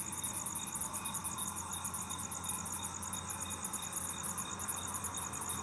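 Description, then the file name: Cricket chirping in rapid high-pitched pulses grouped in short bursts, with a steady high drone and a faint low hum underneath. "grillo"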